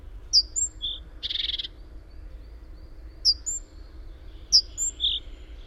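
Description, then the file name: Great tit calls: one buzzy churr among three phrases of sharp, high slurred notes and thin whistles, some ending in a lower note. "Parus major"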